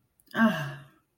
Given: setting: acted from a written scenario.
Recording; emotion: vocal sound without words; awe